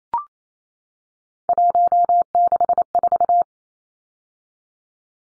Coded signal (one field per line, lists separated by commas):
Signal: Morse code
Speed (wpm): 28 wpm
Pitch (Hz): 700 Hz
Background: none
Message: 164